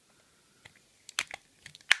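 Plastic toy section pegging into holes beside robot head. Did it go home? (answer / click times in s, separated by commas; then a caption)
yes / 1.2 s, 1.9 s. A plastic section of a Transformers Robot Masters Beast Wars robot toy is pegged into the small holes on either side of its head. After faint handling taps, sharp plastic snaps are heard at 1.2 s and 1.9 s, with smaller clicks between them. The part clips in and is seated.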